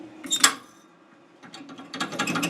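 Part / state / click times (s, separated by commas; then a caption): spring-loaded metal lock pin into a tractor gear shifter slot / seated / 0.4 s. A homemade spring-loaded lock pin made of round stock, washers and a spring snaps into the gear shifter slot on a lawn tractor transmission, with a short scrape just before a sharp metallic click at 0.4 s as it seats in its locked position. After a quiet stretch, softer knocks and rattles follow from about 1.4 s. The lock holds in place; it is a little crude but expected to work.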